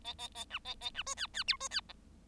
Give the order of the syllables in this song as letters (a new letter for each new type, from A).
A A A B A A B C D D E C D F